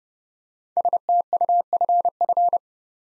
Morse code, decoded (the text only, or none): STUFF